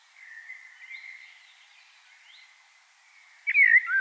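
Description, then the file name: Common blackbird: faint, quiet warbling through most, then a sudden loud burst of slurred fluted notes at the end. "Turdus merula"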